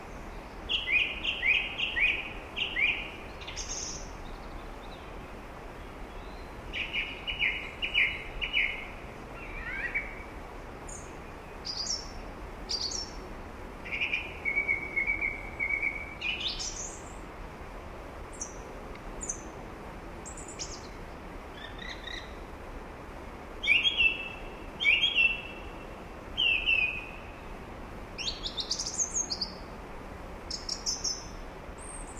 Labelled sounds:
Song Thrush song
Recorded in the wild
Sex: male
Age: adult
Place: Garmisch-Partenkirchen, Bayern, DE
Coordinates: 47.5194, 11.0806
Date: 1962-04-20
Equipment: Stellavox SM 5, Vorverstärker, Original, Vollspur
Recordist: Tretzel, Erwin
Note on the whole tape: Am Pflegersee: Männchen: Gesang "wit-wit-wit"

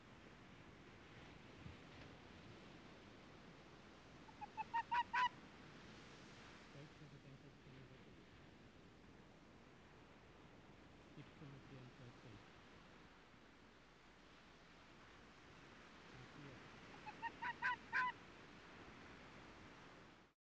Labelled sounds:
Arctic Fox
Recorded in the wild
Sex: male
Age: adult
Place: Insel Mednyi, Kommandeur-Inseln, RU
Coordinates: 54.5167, 168.083
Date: 1999-07-26 17:42
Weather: heiter, 16°C
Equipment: Sony WM-D6C, Sennheiser MKH 70, Windkorb, Kopie Tascam DA 30
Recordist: Frommolt, Karl-Heinz

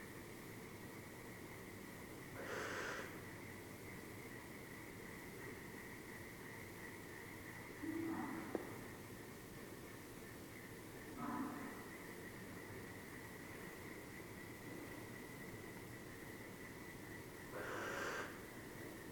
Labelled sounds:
Western Barn Owl call
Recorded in the wild
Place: Burg Stargard, Mecklenburg-Vorpommern, DE
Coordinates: 53.496, 13.316
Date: 1980-04-30 21:32
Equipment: Nagra III BH, Sennheiser MD 21, parabola
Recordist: Schubert, Michael

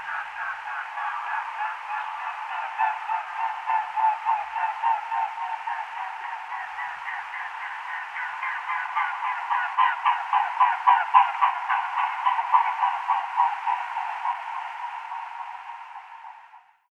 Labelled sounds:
Mute Swan
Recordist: Tembrock, Günter
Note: Fluggeräusche

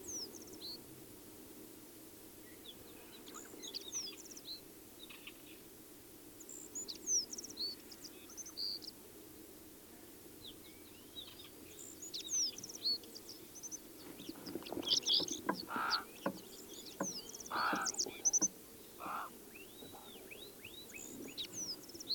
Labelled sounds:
Isabelline Wheatear song
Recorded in the wild
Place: Wüste Gobi, MN
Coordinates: 42.795, 105.032
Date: 1979-06-03 11:30
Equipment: Nagra III BH, Sennheiser MD 21, parabola
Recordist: Schubert, Michael

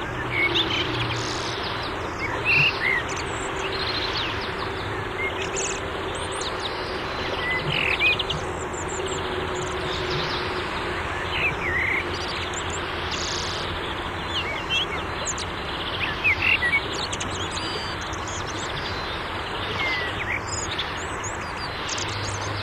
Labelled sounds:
Common Blackbird song
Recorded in the wild
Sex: male
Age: adult
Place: Garmisch-Partenkirchen, Bayern, DE
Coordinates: 47.4914, 11.0781
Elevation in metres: 703
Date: 1968-04-20
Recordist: Tretzel, Erwin

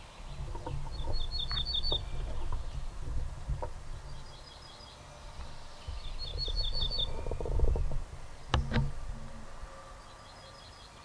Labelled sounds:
Ortolan Bunting song
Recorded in the wild
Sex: male
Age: adult
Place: Schloß Holte-Stukenbrock, Senne, Nordrhein-Westfalen, DE
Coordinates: 51.8683, 8.6575
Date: 1966
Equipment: Uher 4000 Report-S, Bändchenmikro Beyer M 260, Parabolspiegel Polyester (470 mm)
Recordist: Conrads, Klaus

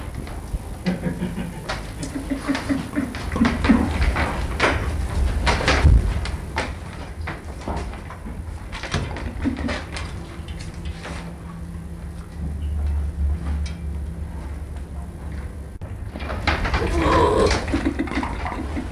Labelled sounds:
Sun Bear call
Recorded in captivity
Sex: diverse
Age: diverse
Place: Tierpark Berlin, Berlin, DE
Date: 1961-11-25 16:30
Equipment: Minifon, Kopie Smaragd
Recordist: Tembrock, Günter

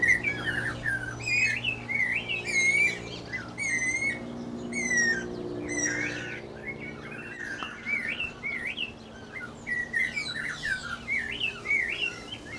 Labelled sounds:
Snowy-crowned Robin-Chat
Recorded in captivity
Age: adult
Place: Zoo Berlin, Berlin, DE
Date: 1992-05-09 11:40
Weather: wolkig, 11-14°C
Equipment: Nagra SN, Mikrofon AKG CK 8, Kopie Tesla B 116
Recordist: Tembrock, Günter

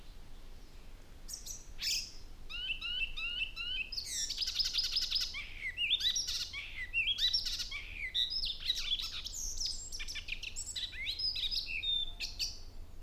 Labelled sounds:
Icterine Warbler song
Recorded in the wild
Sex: male
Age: adult
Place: Lohm, Havelland, Brandenburg, DE
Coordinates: 52.8839, 12.3572
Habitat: grassland
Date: 2007-05-19 07:30
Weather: fair, 10°C, weak winds
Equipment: Sound Devices 702, Sennheiser MKH 416-T, Windkorb
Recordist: Frommolt, Karl-Heinz

